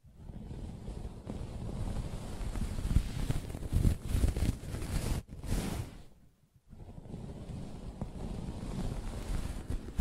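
Fingers scratch and tap on a soft fabric surface, making a dense, low, rumbling scrape with scattered brighter taps, heaviest between three and five seconds. The sound cuts out almost completely for half a second just after six seconds, then resumes as a steadier, softer rub.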